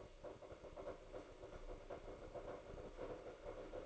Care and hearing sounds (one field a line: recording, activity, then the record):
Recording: daily activity, microphone in the room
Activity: make coffee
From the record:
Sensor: 5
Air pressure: 995.3 hPa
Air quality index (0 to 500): 96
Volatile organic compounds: 5 ppm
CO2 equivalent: 1819 ppm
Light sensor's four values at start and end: 26/63/25/25 and 26/64/25/25